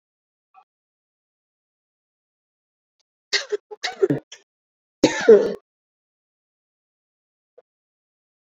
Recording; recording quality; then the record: shallow voluntary cough; excellent, no background noise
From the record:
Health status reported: COVID-19 positive, mild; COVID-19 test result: positive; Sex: female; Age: 52 years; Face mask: not worn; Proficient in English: yes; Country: India